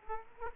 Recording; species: mosquito wingbeat signal from an infrared sensor; Aedes aegypti